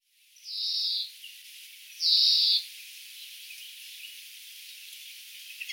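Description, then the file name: European greenfinch calling: two nasal, buzzy wheezes, each lasting over half a second, then quiet background. "Chloris chloris"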